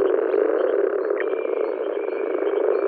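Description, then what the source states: Moor frogs in chorus, a steady low bubbling drone that holds throughout, with a faint thin high tone entering after about one second. Recorded in 2017.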